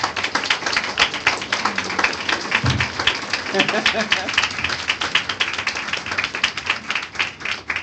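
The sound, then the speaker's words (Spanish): A crowd listening to a Bible sermon claps steadily for several seconds, a dense wash of overlapping hand claps, with a few voices calling out briefly beneath the applause. “Bueno, si va a aplaudir, aplauda al Señor.”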